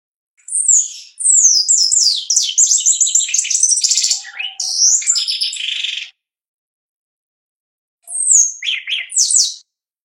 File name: canto do chupim